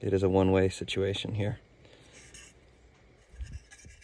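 A flasher relay circuit board from a 1985–1988 Toyota Pickup or 4Runner green flasher relay is lined up with the groove in its plastic housing before the cover is pressed home. Someone talks for the first second and a half, then only quiet handling and rubbing noises follow, with small bumps near 1.9 and 2.4 seconds. Nothing has seated or clicked yet.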